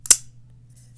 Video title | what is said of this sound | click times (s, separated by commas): North Arm Knives Skaha II First Impressions | Hear the clack. | 0.1 s